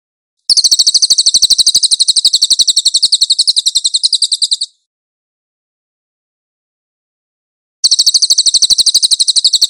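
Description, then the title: Cililin song: a rapid high trill of repeated buzzy notes lasting about four seconds, then three seconds of silence before the same fast trill starts again. Master (tutor) song of the cililin, clear audio. "MASTER SANGAT BAGUS SUARA BURUNG CILILIN, AUDIO JERNIH"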